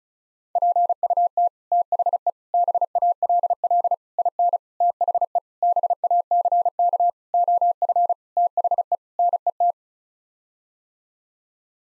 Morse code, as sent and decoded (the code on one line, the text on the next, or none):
.--. ..- - / - .... . / -... .- .-.. .-.. / .. -. / - .... . / -... .- -.-. -.- / --- ..-. / - .... . / -. . -
PUT THE BALL IN THE BACK OF THE NET